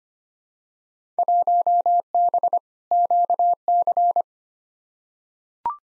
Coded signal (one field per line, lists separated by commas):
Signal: Morse code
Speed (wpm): 25 wpm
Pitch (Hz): 700 Hz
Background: none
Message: 1B QC